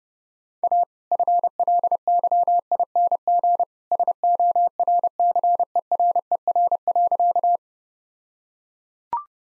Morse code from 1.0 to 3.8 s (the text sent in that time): FLYING